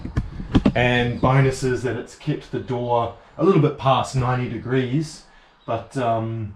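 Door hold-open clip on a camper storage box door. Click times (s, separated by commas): 0.6 s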